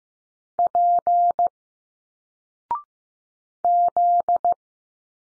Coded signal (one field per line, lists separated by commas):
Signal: Morse code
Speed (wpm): 15 wpm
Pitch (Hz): 700 Hz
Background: none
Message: P Z